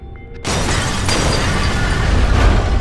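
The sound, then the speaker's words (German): A car crashes into a truck after braking to about 80 km/h: after a brief low hum, a sudden loud crunching bang bursts in and holds as a harsh, roaring din, with another sharp hit about a second later. “0,8 Sekunden. 30 cm bis zum Aufprall. 0,6 Sekunden. Aufprall.”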